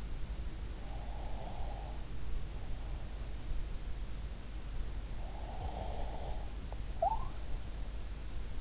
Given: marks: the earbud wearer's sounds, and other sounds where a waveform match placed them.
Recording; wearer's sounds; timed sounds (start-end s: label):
sounds in sleep by an in-ear microphone; breath
0.60-2.92 s: breath
5.00-8.61 s: breath